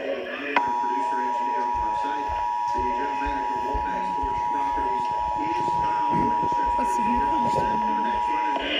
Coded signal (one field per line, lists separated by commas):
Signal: Emergency Alert System (SAME) tones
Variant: 853 and 960 Hz attention tone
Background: speech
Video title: Severe Thunderstorm Warning EAS #50